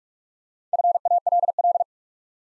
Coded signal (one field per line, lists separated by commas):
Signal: Morse code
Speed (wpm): 44 wpm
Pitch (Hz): 700 Hz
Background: none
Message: FALL